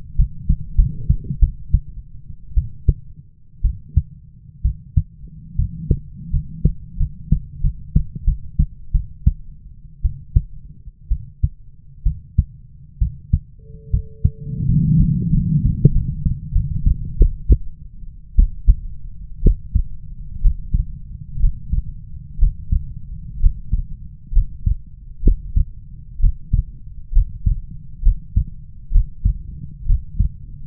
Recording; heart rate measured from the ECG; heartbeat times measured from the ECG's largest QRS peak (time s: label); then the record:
heart sounds by stethoscope; 69 bpm
0.16 s: heartbeat
0.76 s: heartbeat
1.40 s: heartbeat
2.55 s: heartbeat
3.62 s: heartbeat
4.62 s: heartbeat
5.56 s: heartbeat
6.31 s: heartbeat
6.97 s: heartbeat
7.61 s: heartbeat
8.25 s: heartbeat
8.92 s: heartbeat
10.02 s: heartbeat
11.09 s: heartbeat
12.04 s: heartbeat
12.99 s: heartbeat
13.91 s: heartbeat
14.66 s: heartbeat
15.31 s: heartbeat
15.93 s: heartbeat
16.53 s: heartbeat
17.18 s: heartbeat
18.36 s: heartbeat
19.42 s: heartbeat
20.41 s: heartbeat
21.40 s: heartbeat
22.38 s: heartbeat
23.40 s: heartbeat
24.32 s: heartbeat
25.23 s: heartbeat
26.19 s: heartbeat
27.12 s: heartbeat
28.02 s: heartbeat
28.91 s: heartbeat
29.86 s: heartbeat
From the record:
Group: healthy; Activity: rest 0-13 s, Valsalva maneuver 13-31 s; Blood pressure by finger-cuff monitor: 92/62 mmHg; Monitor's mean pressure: 74 mmHg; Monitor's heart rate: 65 bpm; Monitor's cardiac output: 6 L/min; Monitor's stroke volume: 79 mL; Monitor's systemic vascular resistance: 750 dyn s/cm5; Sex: female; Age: 22 years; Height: 157 cm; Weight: 47.6 kg